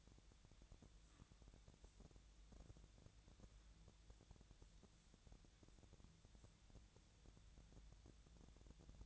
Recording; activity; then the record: daily activity, microphone in the room; wipe stove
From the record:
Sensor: 3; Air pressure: 1000.5 hPa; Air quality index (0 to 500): 177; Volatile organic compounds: 3 ppm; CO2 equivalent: 1533 ppm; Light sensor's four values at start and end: 15/35/15/15 and 15/35/15/15